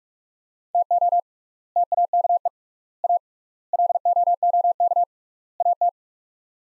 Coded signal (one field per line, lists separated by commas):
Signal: Morse code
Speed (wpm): 42 wpm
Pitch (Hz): 700 Hz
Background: none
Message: TO TAKE A LOOK AT